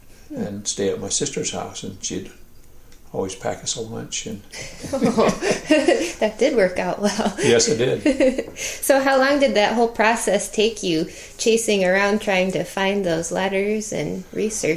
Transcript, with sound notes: I'd stay at my sister's house and she would always pack us a lunch.
[laughter] Aww. That did work out well!
Yes, it did.
How long did that whole process take you, chasing around trying to find those letters and researching?